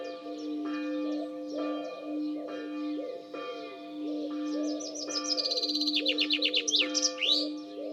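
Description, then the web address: Bird song: after a stretch of steady low hum with regular low pulses, a quick run of high, sharp falling notes speeds into a fast trill near the end. "cianscape birddata Deverinetal 2025 Bird Only"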